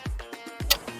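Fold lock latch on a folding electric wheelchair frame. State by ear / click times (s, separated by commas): seated / 0.7 s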